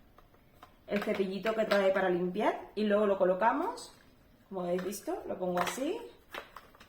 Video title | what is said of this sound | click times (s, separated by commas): RUTINA de LIMPIEZA✨MOTIVACIÓN para LIMPIAR🧹ESCOBA ELÉCTRICA GSC45 #limpiezadelhogar #cleanwithme | en su sitio y hace clic y ya está | 6.6 s